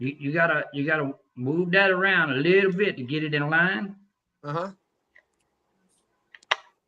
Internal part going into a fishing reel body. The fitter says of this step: heard it snap down H yeah I heard it